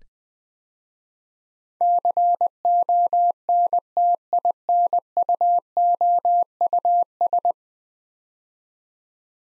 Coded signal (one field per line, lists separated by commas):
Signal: Morse code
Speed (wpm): 20 wpm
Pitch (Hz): 700 Hz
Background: none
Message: CONTINUOUS